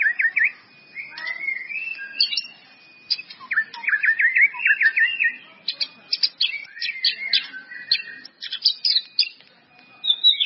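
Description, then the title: White-rumped Shama song of clicky chips, short trills and sliding whistles, varied and continuous throughout. "murai batu"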